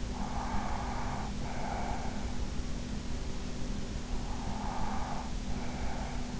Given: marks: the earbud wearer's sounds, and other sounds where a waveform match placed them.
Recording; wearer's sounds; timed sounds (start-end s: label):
sounds in sleep by an in-ear microphone; breath
0.00-2.29 s: breath
4.15-6.23 s: breath